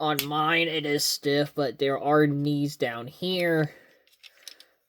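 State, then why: Seated. Someone talks while moving the stiff plastic knee joint on the leg of a Transformers Studio Series 86 Voyager class Longhall transforming robot figure. After the talking stops, a few small sharp plastic clicks follow from about 4.1 s. The loudest click at 4.5 s is the leg joint locking securely into place.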